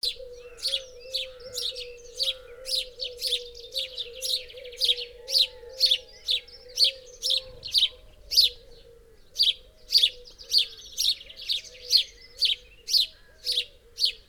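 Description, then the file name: House sparrow giving a long series of rapid, insistent chirps, nearly two per second, over a constant low humming tone. "Passer domesticus"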